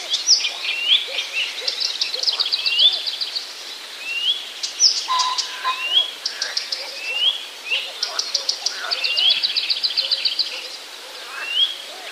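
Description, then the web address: Blyth's reed warbler singing a varied run of repeated notes, rising whistles and fast rattling trills, with soft low calls in the background. "wroblowe kolekcja acrocephalus dumetorum"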